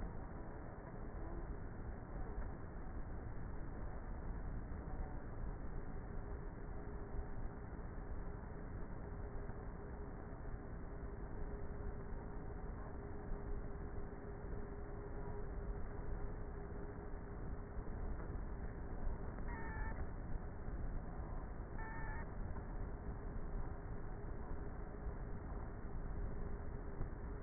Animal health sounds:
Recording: honeybee colony, microphone inside the hive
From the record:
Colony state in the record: queenless with a low population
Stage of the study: before two queens were removed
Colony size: about 30,000 bees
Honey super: no

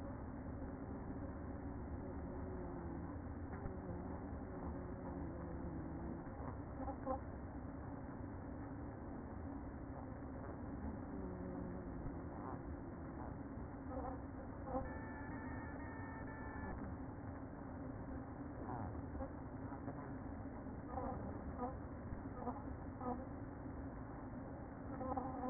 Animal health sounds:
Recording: honeybee colony, microphone inside the hive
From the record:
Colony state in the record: queen present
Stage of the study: after two queens were removed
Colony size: about 60,000 bees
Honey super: yes

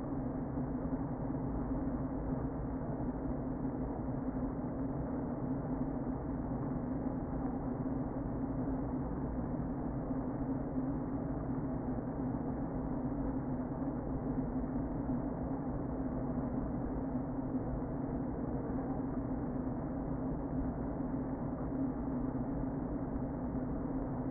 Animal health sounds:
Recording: honeybee colony, microphone inside the hive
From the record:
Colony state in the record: queen present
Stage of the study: before two queens were removed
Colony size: about 60,000 bees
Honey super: yes

